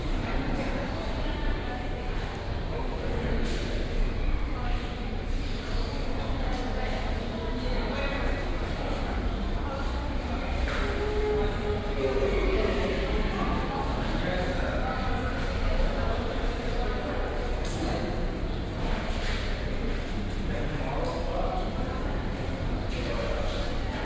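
A crowd murmurs under stone arches, many voices blending into a dense, steady babble that fills the space with a low, echoing hum. The level stays even throughout, with occasional brief clicks and footsteps, and a faint tone around the middle.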